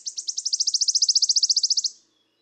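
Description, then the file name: Wood warbler song: a loud, high, metallic trill of rapid evenly spaced notes lasting about two seconds, ending suddenly in quiet. "Mathias Ritschard - Penochka-trecshotka Phylloscopus sibilatrix"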